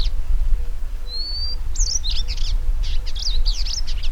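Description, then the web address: Purple indigobird song: a thin rising whistle, then a run of buzzy, chattering high notes and slurred phrases, over a low background rumble. "Indigobird Song Vidua purpurascens"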